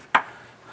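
The plastic push-in retaining button on the wiring harness of a 2005-10 Jeep Grand Cherokee is pressed back into its hole in the bracket while the wheel bearing and hub assembly is being replaced. A single loud, short snap rings out at 0.15 s over a quiet background. The button is seated.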